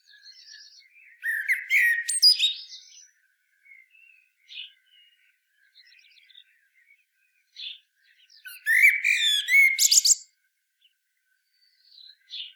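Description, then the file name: Common blackbird song: two phrases about seven seconds apart, each opening with low fluted warbling and ending in a high, squeaky twitter, with faint soft notes between. "Turdus merula"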